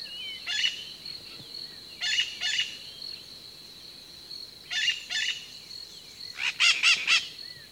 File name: Psittacara leucophthalmus - White-eyed Parakeet